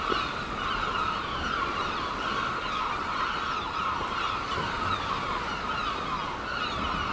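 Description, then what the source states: Gull chorus of many overlapping raucous cries, steady and unbroken. Gulls at Seaton, dated 17 03.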